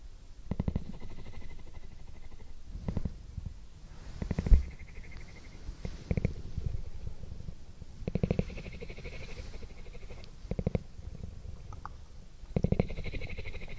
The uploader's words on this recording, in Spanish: Sonido de Ronroneo de Gato. Calmante ronroneo de gatitos. Tomamos el sonido lento de la frecuencia del ronroneo de un gato.